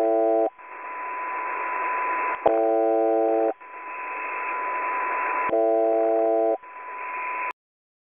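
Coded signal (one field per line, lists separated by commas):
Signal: channel marker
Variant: UVB-76 (The Buzzer)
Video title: Clear Recording of The Buzzer (UVB 76), 21.03.2018, 18:45 UTC, 4626 kHz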